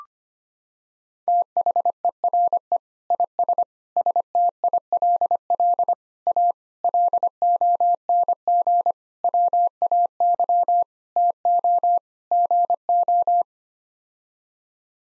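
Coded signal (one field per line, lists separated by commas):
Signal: Morse code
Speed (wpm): 25 wpm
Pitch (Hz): 700 Hz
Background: none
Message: THERE IS STILL A LONG WAY TO GO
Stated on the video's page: Morse practice sending sets of 8-word groups at 25 wpm for head-copy, each set sent, spoken, then sent again.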